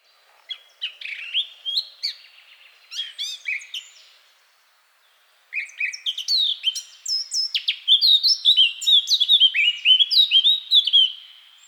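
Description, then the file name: Eurasian blackcap singing: two short scratchy warbled phrases, a pause, then a long bright run of clear fluty whistled notes that slide and repeat rapidly. "Sylvia atricapilla"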